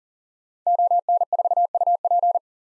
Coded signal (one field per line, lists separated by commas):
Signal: Morse code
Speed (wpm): 39 wpm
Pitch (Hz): 700 Hz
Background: none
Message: ON4UP